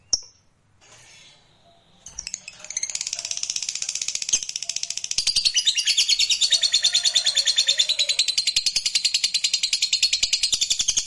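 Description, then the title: Lovebird long trill: a brief chirp, about two quiet seconds, then a fast, shrill, buzzing run of repeated notes that grows louder and then holds steady. Fighter lovebird giving ngekek panjang, a long trill song style. "Suara Lovebird FIGHTER NGEKEK PANJANG"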